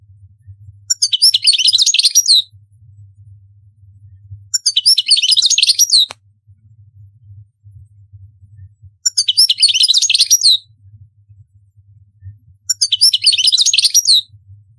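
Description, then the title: European goldfinch giving four short bursts of dense, tinkling twitters, each about a second and a half long, spaced roughly every four seconds over a low hum. "Chant Chardonneret"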